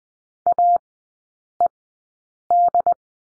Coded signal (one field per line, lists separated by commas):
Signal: Morse code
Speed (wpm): 20 wpm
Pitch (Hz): 700 Hz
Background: none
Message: AED